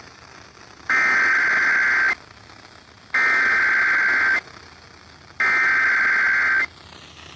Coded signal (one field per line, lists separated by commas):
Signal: Emergency Alert System (SAME) tones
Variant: header bursts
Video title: WHHI Required Weekly Test #1 (EAS #903)